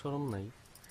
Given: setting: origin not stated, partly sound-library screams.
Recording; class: one-second piece from a danger detection set; normal situation